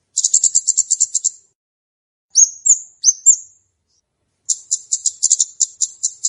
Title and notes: Kicau Pancing Burung Kemade ( Cabe Cabean). Suara Burung Cabe Cabean Pikat